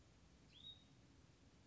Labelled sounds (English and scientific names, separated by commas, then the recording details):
Hutton's Vireo (Vireo huttoni)
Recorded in Sonoma County, California